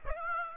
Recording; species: mosquito wingbeat signal from an infrared sensor; Aedes aegypti